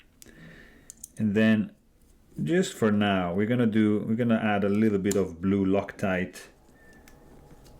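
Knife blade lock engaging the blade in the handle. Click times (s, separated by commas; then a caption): 0.2 s, 0.9 s, 1.0 s. During reassembly of a Holt Bladeworks Specter V4 folding pocketknife, the lock is pushed down and the steel blade rotated slightly until the blade lock clicks into place in the handle. Sharp, short clicks sound at 0.2, 0.9 and 1.0 seconds, and then someone talks.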